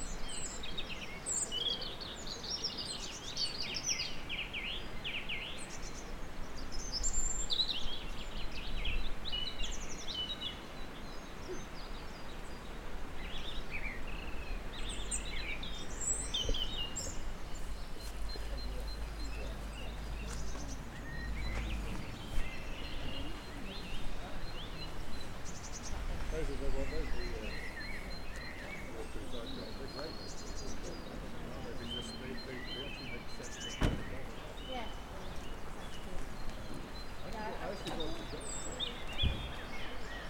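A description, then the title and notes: Robins and song thrushes sing through the whole stretch, bright phrases and trills overlapping densely. A low outdoor rumble runs underneath, heavier around the middle, with faint voices or movement now and then and a sharp knock near thirty-four seconds. Spring birdsong at Llanthony Priory. We're outside the ruins of Llanthony Priory with the ridges of the Black Mountains of Wales rising on either flank. Robins and song thrushes are singing lustily.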